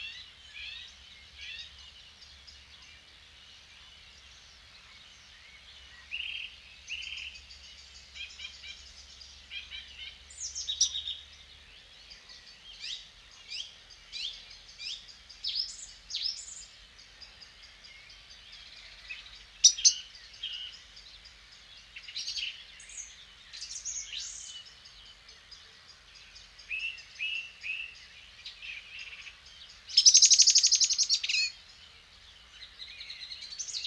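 An evening in a clay pit, recorded with a dummy head: a busy chorus of birds fills the whole clip with overlapping high chirps, trills and whistles. A low steady hum runs beneath for the first dozen seconds, and a loud, rough burst comes at about thirty seconds.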